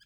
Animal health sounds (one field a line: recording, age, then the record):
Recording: pig call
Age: piglet (1 to 25 days)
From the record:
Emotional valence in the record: positive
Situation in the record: reunion after long isolation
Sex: female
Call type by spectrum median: high-frequency call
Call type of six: low-frequency tonal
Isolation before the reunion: 8 minutes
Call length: 0.06 s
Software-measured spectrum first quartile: 1997 Hz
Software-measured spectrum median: 3388 Hz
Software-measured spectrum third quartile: 5224 Hz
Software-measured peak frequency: 1659 Hz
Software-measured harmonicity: 11.2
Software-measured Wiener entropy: -3.01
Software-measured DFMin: 877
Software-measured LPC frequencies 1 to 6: 1639, 3127, 3393, 4710, 4978, 6076 Hz